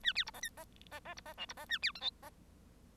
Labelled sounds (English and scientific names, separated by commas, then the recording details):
Bengalese Finch (Lonchura striata domestica) song
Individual Bird1